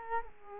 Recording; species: mosquito wingbeat signal from an infrared sensor; Culex quinquefasciatus